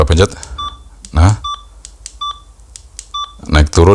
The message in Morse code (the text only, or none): none